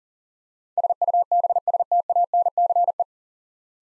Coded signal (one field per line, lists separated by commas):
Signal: Morse code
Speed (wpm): 39 wpm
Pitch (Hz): 700 Hz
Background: none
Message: SUBSTANCE